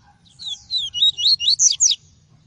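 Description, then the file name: Double-collared seedeater song: a quick run of about six high, sweeping whistled notes, loud and clear over a faint low hum. "tui-tui" song variety. "canto do papa capim tui tui"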